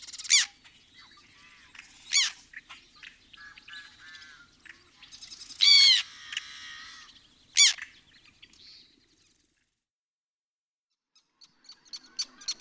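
Black tern giving harsh calls at irregular intervals, with fainter chatter between them and a quiet pause before a few last faint notes.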